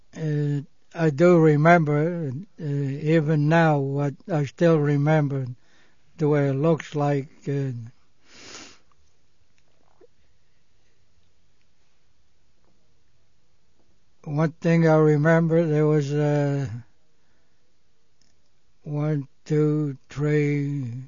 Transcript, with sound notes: I do remember, even now I still remember the way it looks like. ( he pauses ) One thing I remember, there was a one, two, three,